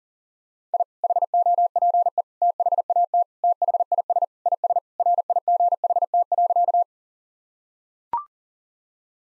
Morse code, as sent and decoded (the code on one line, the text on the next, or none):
.. / .... --- .--. . / - .... .- - / - .... .. ... / .. ... / .-. .. --. .... - .-.-.-
I HOPE THAT THIS IS RIGHT.